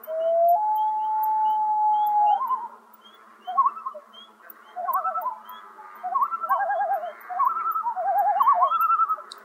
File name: commonloon